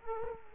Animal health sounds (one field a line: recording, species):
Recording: mosquito wingbeat signal from an infrared sensor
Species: Culex quinquefasciatus